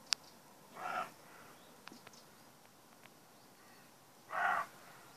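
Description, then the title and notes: Roe deer barking: two short, hoarse, breathy barks about three and a half seconds apart, with a few faint clicks and ticks between them. Young roe deer buck barking in the morning, trying to draw four does hesitant to leave cover into a meadow; Donzenac, Corrèze, France. "Donzenac, Corrèze, France - brame de chevreuil. Un jeune chevreuil, par son brame matinal, cherche à attirer dans le pré 4 chèvres qui hésitent à quitter le couvert"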